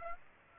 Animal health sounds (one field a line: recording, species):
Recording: mosquito wingbeat signal from an infrared sensor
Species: Aedes aegypti